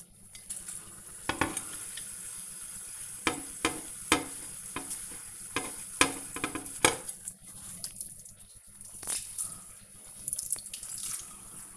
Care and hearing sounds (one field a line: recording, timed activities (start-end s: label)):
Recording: household activities, microphone on the right wrist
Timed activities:
0.00-11.77 s: washing dishes